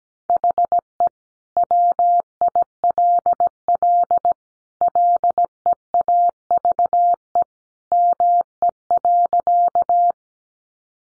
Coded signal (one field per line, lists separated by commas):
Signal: Morse code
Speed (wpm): 17 wpm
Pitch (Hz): 700 Hz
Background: none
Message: HE WILL LEAVE ME.